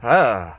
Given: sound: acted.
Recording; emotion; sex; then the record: nonverbal affect burst; disgust; male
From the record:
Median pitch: 109 Hz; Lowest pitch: 44 Hz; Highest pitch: 192 Hz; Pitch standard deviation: 37 Hz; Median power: 70.5 dB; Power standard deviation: 11.3 dB